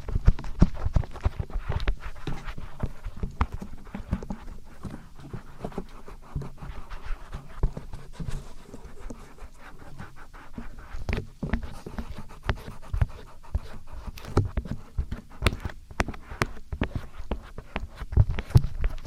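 Ear massage sounds: rapid, uneven taps and rubs pile up one after another for the whole stretch, with no pause. The touches are dull and thumping, mostly low, with crisp clicks and brushing on top, and a few heavier knocks near the end.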